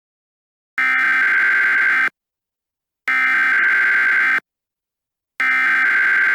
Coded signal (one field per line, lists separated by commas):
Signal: Emergency Alert System (SAME) tones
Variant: header bursts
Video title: EAS Scenario: SCP-409